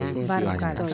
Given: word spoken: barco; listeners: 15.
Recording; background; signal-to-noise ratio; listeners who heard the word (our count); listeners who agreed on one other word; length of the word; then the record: one Spanish word in noise, from a listening test; four-talker babble; -2.4 dB; 1 of 15; 6 of 15; 0.54 s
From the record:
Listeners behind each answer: 6, 2, 1, 1, 1, 1, 1, 1, 1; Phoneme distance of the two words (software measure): 10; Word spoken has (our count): 2 syllables, 5 phonemes, stress on syllable 1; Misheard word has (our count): 2 syllables, 5 phonemes, stress on syllable 1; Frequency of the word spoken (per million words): 38.18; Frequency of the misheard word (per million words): 6.14